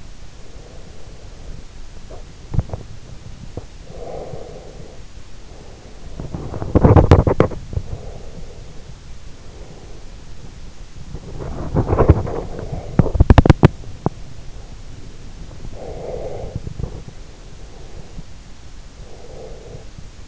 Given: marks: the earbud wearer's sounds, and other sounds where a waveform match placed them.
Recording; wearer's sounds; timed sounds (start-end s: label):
sounds in sleep by an in-ear microphone; breath, teeth grinding, body movement
0.00-2.33 s: breath
1.92-3.91 s: teeth grinding
3.91-6.40 s: breath
6.40-7.69 s: body movement
7.69-10.28 s: breath
10.28-17.11 s: body movement
13.24-14.24 s: teeth grinding
15.55-18.36 s: breath
19.14-20.28 s: breath